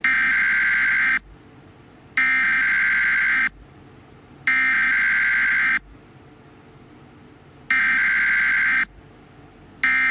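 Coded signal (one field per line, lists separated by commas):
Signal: Emergency Alert System (SAME) tones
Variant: header bursts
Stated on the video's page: Simulated mock scenario alert about hostile aliens.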